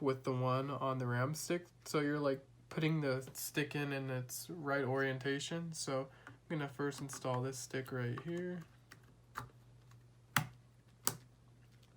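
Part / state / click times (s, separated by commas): RAM module into motherboard DIMM slot / seated / 10.4 s, 11.1 s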